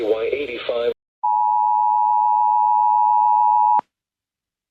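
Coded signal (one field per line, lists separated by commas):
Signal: Emergency Alert System (SAME) tones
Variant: 853 and 960 Hz attention tone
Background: speech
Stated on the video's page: Severe thunderstorm warnings for North Carolina and Virginia counties, some relayed via WXL70, WKBC or EMNet, one caught only partially.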